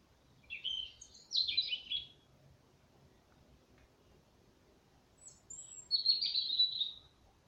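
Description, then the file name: European robin singing high, sweet warbled phrases, one burst near the start and another after a pause of a few seconds, with faint background hiss. "Erithacus rubecula"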